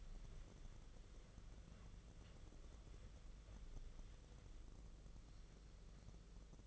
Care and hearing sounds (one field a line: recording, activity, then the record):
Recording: daily activity, microphone in the room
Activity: wipe stove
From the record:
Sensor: 4